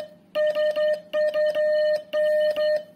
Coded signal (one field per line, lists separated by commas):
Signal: Morse code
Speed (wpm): 11 wpm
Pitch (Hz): 610 Hz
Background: music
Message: SUN